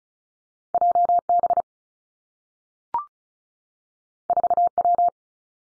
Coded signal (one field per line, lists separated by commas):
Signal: Morse code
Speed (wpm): 36 wpm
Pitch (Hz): 700 Hz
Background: none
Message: J B 4 W